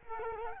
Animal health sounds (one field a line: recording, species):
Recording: mosquito wingbeat signal from an infrared sensor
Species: Culex quinquefasciatus